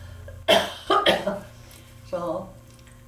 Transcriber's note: she coughs